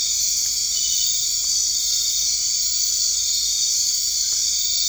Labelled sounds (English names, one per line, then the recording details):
none
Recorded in dense forest near Puerto Asís, Putumayo, Colombia, on 21 March 2025 at 20:00
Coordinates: 0.485, -76.318
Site G056